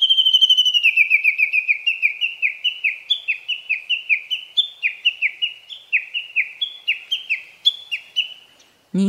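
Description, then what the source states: Japanese bush warbler giving a long, fast run of sharp whistled notes, each dropping in pitch, repeated in quick succession throughout. Recorded on Daigenji Plateau, Niigata Prefecture, Japan.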